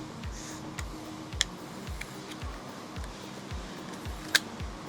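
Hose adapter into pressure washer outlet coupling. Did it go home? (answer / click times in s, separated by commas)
no / none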